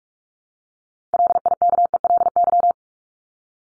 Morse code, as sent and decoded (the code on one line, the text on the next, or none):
.-.. .. -.- . .-.. -.--
LIKELY